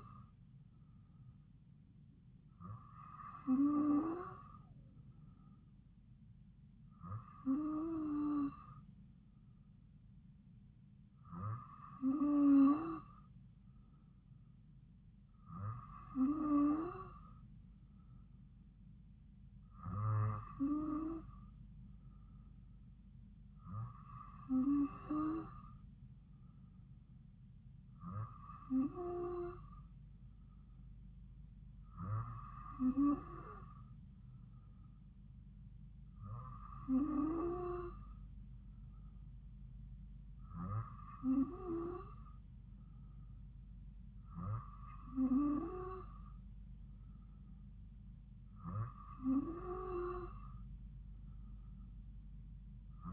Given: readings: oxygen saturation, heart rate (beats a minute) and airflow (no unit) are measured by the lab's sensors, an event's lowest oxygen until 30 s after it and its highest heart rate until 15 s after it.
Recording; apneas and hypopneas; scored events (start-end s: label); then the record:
breathing in sleep by a smartphone at the bedside; none
23.00-53.13 s: new sleep stage, N3 (deep sleep)
From the record:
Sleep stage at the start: N2 (light sleep); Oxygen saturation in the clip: 94%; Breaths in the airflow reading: 13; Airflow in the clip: -2.5 to 2.1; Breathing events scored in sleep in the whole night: 270 in 6.1 hours asleep